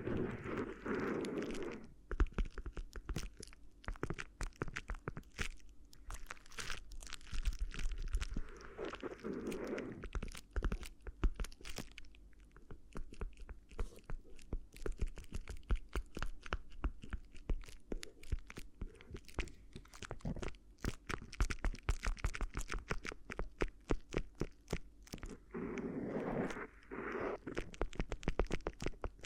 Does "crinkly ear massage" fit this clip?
yes